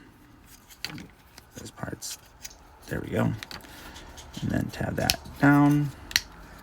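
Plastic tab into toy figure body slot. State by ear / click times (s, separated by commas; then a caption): seated / 6.2 s. Someone talks while handling a plastic action-figure toy, with a few light clicks near the start. During the toy's transformation, a plastic tab is folded down and snaps into its slot in the figure's body with a sharp plastic click at 6.2 s, seating and locking into place.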